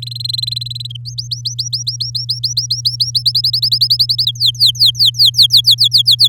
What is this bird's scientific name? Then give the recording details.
Serinus canaria. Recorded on 8 May 2018 at 08:05. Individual llb16